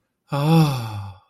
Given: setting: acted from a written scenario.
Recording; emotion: vocal sound without words; ecstasy